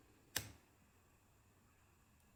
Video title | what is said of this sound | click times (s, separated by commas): XReal Air 2 Pro: Installing prescription lenses | Secure them by using your index finger until you hear a click. | 0.4 s